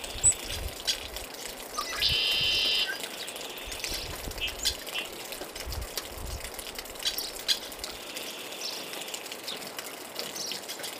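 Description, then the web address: Birds chirping with short, bright notes and one harsh buzzy burst lasting under a second, over background noise. "birds 3-13-11 02"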